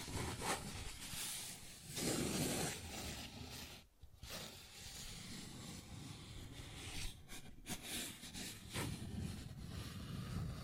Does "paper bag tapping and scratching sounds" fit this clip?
yes